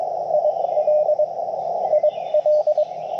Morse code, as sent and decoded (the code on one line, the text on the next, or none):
.. .-.. / .. .-..
IL IL